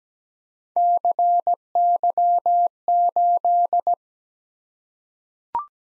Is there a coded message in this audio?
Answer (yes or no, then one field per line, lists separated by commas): yes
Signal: Morse code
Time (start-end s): 0.8-3.9 s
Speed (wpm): 17 wpm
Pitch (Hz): 700 Hz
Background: none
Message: CY8